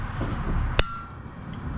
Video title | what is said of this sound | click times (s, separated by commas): Angry Punk'n Blades Part II: 2nd swing changing blades Vermeer chipper. BROKE AN IMPACT SOCKET! | a click out of it. | 0.8 s